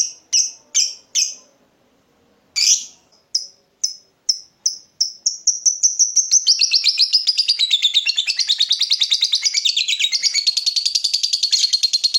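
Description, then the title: Lovebird calling with a few spaced shrill chirps, a pause, then chirps speeding up into a long, fast, scratchy twittering chatter. Lovebird whose style is said to make it look very clever at memancing, baiting other birds into singing. "Dari Gayanya Lovebird Ini Terlihat Pintar Sekali Memancing"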